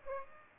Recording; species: mosquito wingbeat signal from an infrared sensor; Aedes aegypti